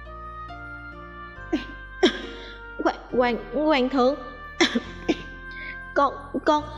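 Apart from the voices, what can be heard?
heavy coughing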